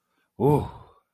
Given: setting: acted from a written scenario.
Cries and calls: vocal sound without words; relief

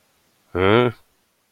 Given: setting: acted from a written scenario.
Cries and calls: vocal sound without words; confusion

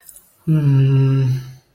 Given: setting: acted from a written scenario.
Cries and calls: vocal sound without words; romantic love

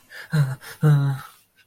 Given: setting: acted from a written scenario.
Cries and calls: vocal sound without words; fear

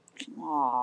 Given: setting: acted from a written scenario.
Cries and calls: vocal sound without words; guilt

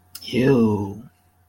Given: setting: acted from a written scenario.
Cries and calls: vocal sound without words; disgust

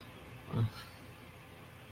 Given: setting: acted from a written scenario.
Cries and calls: vocal sound without words; shame

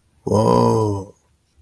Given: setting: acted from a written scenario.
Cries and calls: vocal sound without words; awe

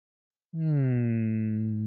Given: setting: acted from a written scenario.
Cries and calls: vocal sound without words; sympathy

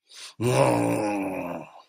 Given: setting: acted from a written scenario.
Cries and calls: vocal sound without words; anger

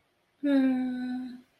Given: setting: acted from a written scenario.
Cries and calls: vocal sound without words; romantic love

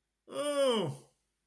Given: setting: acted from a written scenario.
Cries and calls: vocal sound without words; pain

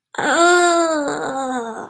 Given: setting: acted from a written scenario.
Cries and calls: vocal sound without words; pain

